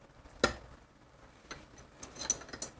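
While reassembling a Harley motorcycle front fork, an internal metal part is lined up in the fork tube with a small punch and pressed on, producing a sharp metallic tick at 0.4 s and fainter taps at 1.5, 2.0, 2.2, 2.3 and 2.6 s. The part has not popped into place, so nothing has seated or clicked yet.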